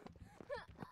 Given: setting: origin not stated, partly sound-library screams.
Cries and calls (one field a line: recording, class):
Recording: one-second piece from a danger detection set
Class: woman in danger